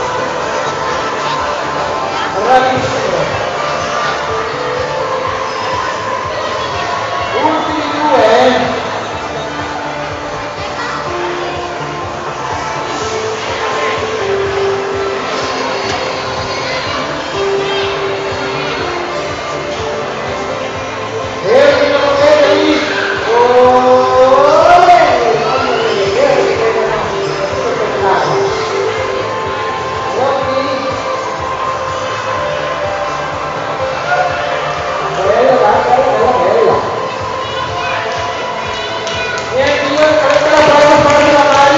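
Noisy commotion during a soap-bubble workshop in a shopping centre: overlapping voices and children's shouts run throughout over a steady murmur. Loud squeals and cries burst out around 22–27 seconds and again near 35 and 40 seconds.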